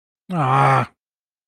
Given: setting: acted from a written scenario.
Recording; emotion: vocal sound without words; disappointment